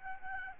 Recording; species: mosquito wingbeat signal from an infrared sensor; Aedes albopictus